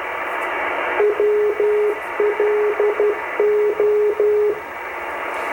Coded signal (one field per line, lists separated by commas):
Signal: Morse code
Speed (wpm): 12 wpm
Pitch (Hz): 420 Hz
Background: radio noise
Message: WLO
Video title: Shortwave radio signals 16 18 mhz july 25th 2013